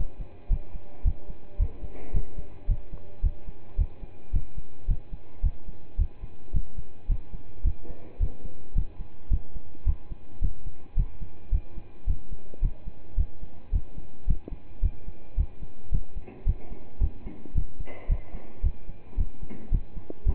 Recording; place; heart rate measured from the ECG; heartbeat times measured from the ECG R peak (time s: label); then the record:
heart sounds by stethoscope; between the tricuspid and mitral areas; 109 bpm
0.50 s: heartbeat
1.04 s: heartbeat
1.59 s: heartbeat
2.13 s: heartbeat
2.68 s: heartbeat
3.23 s: heartbeat
3.78 s: heartbeat
4.33 s: heartbeat
4.88 s: heartbeat
5.43 s: heartbeat
5.98 s: heartbeat
6.53 s: heartbeat
7.09 s: heartbeat
7.64 s: heartbeat
8.20 s: heartbeat
8.75 s: heartbeat
9.30 s: heartbeat
9.86 s: heartbeat
10.41 s: heartbeat
10.96 s: heartbeat
11.52 s: heartbeat
12.07 s: heartbeat
12.62 s: heartbeat
13.17 s: heartbeat
13.72 s: heartbeat
14.27 s: heartbeat
14.82 s: heartbeat
15.37 s: heartbeat
15.91 s: heartbeat
16.46 s: heartbeat
17.00 s: heartbeat
17.55 s: heartbeat
18.09 s: heartbeat
18.63 s: heartbeat
19.17 s: heartbeat
19.71 s: heartbeat
20.26 s: heartbeat
From the record:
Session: pedaling a stationary bicycle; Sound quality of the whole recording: partially saturated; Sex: male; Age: 27 years